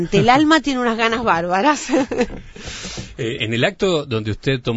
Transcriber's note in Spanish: Se ríe